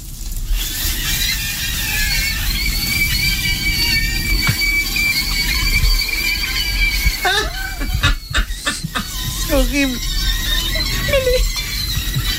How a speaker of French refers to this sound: Des saucisses qui se faisaient frire dans une poêle.